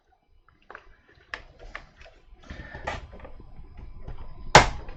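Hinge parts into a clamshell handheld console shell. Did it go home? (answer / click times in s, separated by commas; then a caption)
yes / 1.3 s, 4.6 s. Hinge parts are pressed against a table into a clamshell handheld console shell. Faint taps and rustling lead to sharp clicks at 1.3 s and a loud snap at 4.5 s, and the hinges are seated in place.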